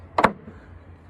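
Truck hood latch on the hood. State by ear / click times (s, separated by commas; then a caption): seated / 0.2 s. The driver's-side latch on a truck hood is brought forward and snaps shut with a loud, sharp snap at 0.2 s, followed by a brief rattle. The snap is forceful enough to break fingers, and the latch is seated closed.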